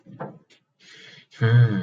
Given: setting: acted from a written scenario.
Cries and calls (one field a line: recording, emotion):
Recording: vocal sound without words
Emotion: desire